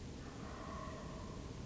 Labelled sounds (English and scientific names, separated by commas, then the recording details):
Wild Turkey (Meleagris gallopavo)
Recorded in Sonoma County, California